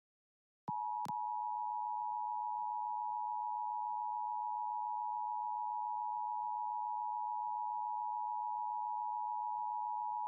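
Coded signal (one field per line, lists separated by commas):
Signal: Emergency Alert System (SAME) tones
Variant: 853 and 960 Hz attention tone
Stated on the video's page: Emergency alert tones heard during live AM/mediumwave DX reception using SDR receivers, loop and KAZ antennas with phasers.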